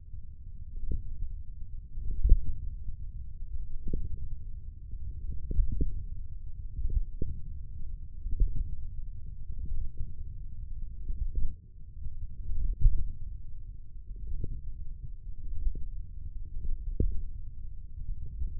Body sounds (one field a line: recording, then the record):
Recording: forearm muscle sounds (acoustic myography)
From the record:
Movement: wrist extension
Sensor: system 1, eight BSWA MPA416 microphones around the upper forearm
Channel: 3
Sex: male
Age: 28 years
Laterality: right